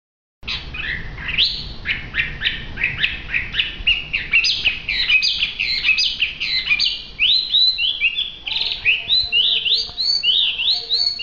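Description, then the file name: Hwamei pouring out a fast, varied whistled song with rapid changing phrases and chattering notes, growing more sweeping toward the end. In full song. "audio hwamei gacor. omkicau"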